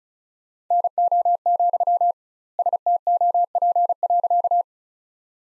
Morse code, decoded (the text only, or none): NO, STOP.